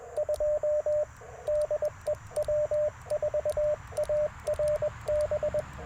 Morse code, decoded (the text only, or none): 2 DE W4ARB